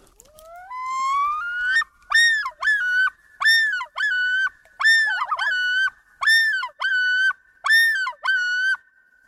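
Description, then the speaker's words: Common loon yodel: a long rising wail climbs into loud, repeated two-part yodelling phrases, ringing and wavering. Territorial, aggressive yodel warning other loons from nesting territory; each male's yodel distinctive; remote far northern Alaska lake, midsummer morning, overcast with drizzle, after one loon ran across the surface toward others. "was a classic territorial call of the common loon, and it signals other loons to stay out of the nesting territory. It's kind of an aggressive call."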